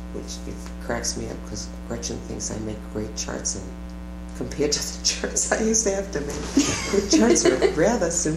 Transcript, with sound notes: It cracks me up that Gretchen thinks I make great charts. Compared to the charts I used to have to make, [laughter] her charts are rather simple.